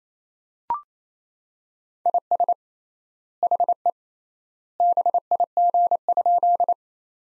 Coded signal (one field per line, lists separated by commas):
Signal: Morse code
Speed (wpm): 27 wpm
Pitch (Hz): 700 Hz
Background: none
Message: IS HE BIG?